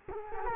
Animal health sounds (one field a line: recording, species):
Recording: mosquito wingbeat signal from an infrared sensor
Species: Culex quinquefasciatus